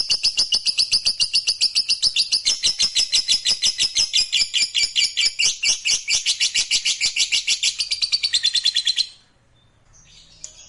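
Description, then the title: Lovebird trill: a long, rapid, high-pitched chattering trill of evenly pulsed notes lasting about nine seconds, then stopping abruptly into near silence. Fighter-type lovebird giving a long ngekek trill. "Begitu Dengar Suara Lovebird FIGHTER NGEKEK PANJANG"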